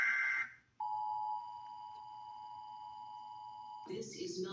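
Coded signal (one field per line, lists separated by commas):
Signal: Emergency Alert System (SAME) tones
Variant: 853 and 960 Hz attention tone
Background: speech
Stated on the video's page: Fictional Emergency Broadcast System warning from the film The Purge.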